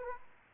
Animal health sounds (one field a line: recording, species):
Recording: mosquito wingbeat signal from an infrared sensor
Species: Anopheles arabiensis